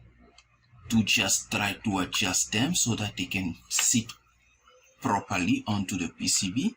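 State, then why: Not seated. A through-hole UV LED that was soldered skewed is handled by hand to adjust it so it can sit flat on the circuit board, while someone talks over a faint tick near 0.4 seconds. The LED has not yet snapped down flush onto the board; nothing has seated or clicked.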